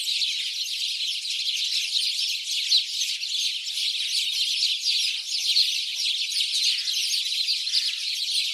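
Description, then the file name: House sparrows calling together, rapid overlapping chirps merging into a steady, bright chattering chorus. "Passer domesticus"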